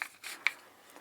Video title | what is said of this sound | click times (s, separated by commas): Hatsan Flash 101 COMBO Kit Unboxing & Setup - Best Budget Air Rifle for Beginners? | locks in place | 0.0 s, 0.5 s